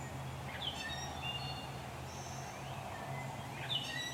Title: Fledgling Blue Jays